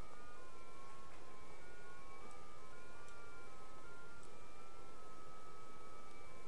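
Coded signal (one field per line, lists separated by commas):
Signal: JT65, JT9 or WSPR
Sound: several overlapping steady whistling tones, each hopping slowly between pitches, under hiss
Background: radio static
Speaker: there we go so as you can see it's got a little waterfall on it and these are all the various signals coming in right now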